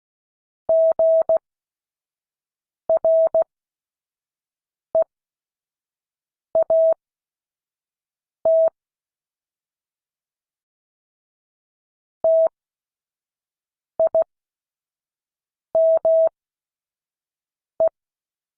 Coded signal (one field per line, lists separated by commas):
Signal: Morse code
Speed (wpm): 16 wpm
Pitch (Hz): 650 Hz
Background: none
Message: GREAT TIME